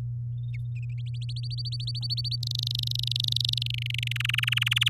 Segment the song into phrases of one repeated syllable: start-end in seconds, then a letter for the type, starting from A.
1.21-2.36 A, 2.43-3.71 B, 3.74-4.12 C, 4.16-4.89 D